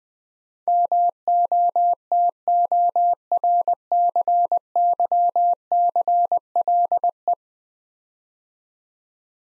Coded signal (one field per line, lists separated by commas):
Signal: Morse code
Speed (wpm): 20 wpm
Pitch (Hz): 700 Hz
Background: none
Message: MOTORCYCLE